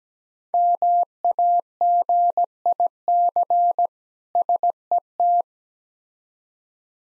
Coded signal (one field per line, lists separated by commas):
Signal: Morse code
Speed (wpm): 17 wpm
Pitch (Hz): 700 Hz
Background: none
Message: MAGIC SET